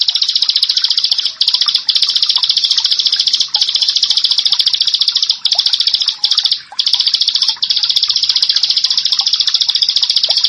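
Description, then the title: Prinia song: an unbroken, rapid, buzzy high-pitched trill, pausing only for split seconds, with quiet chirps in the background. "Ciblek Sawah"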